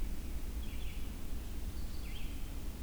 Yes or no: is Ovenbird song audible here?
no